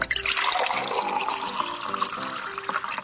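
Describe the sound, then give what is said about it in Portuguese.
Water pours steadily into a bottle, a continuous splashing rush with faint gurgling tones that shift as it fills. No one speaks. “Só para se ter uma ideia de quanto vale a água hoje, imagine que seja possível pôr a água do planeta em uma garrafa de 1,5 litros.”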